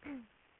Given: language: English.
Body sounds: throat vibration sensor signal played as sound; throat clearing

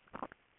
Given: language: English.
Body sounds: throat vibration sensor signal played as sound; swallow

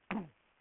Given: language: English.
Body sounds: throat vibration sensor signal played as sound; throat clearing

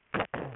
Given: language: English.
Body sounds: throat vibration sensor signal played as sound; throat clearing

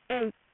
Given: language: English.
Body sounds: throat vibration sensor signal played as sound; speech

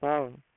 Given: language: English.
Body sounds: throat vibration sensor signal played as sound; speech

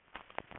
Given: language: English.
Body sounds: throat vibration sensor signal played as sound; swallow

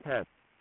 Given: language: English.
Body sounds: throat vibration sensor signal played as sound; speech

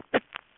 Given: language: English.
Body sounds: throat vibration sensor signal played as sound; cough

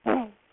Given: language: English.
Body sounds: throat vibration sensor signal played as sound; throat clearing

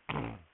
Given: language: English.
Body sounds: throat vibration sensor signal played as sound; throat clearing

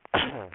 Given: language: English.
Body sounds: throat vibration sensor signal played as sound; cough

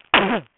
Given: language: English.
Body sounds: throat vibration sensor signal played as sound; cough

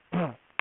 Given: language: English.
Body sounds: throat vibration sensor signal played as sound; throat clearing

